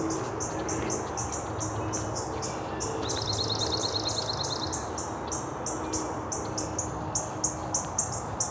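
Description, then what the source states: Northern Cardinal ticking: sharp high chips repeated rapidly and steadily throughout, with a brief fast trill from another bird midway, over a steady low background rumble. Several very active cardinals ticking rather than singing, possibly a territorial dispute with arguing and chasing; late April, ravine road on the western edge of Lake Ontario.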